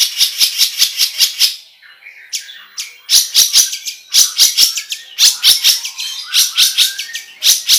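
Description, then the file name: Long-tailed Shrike song in short bursts of loud, rasping repeated notes, with brief gaps and a few squeaky slurred calls between them. "suara cendet"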